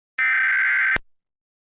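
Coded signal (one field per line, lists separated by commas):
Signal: Emergency Alert System (SAME) tones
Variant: header bursts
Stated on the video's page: Recreation of the 2011 national EAS test made with EASyPLUS software.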